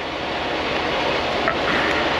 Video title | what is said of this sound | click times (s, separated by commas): Prime Inc TANKER Leasing Settlement Review - no APU no bunk heater, DEF pump SHOT at FREIGHTLINER | all right now it's snapped into place | 1.5 s